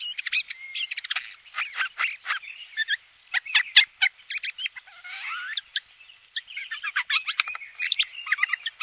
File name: sojka obecna garrulus glandarius